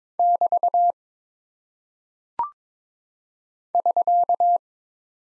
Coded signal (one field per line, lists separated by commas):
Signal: Morse code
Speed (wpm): 22 wpm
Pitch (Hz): 700 Hz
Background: none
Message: <BT> <SK>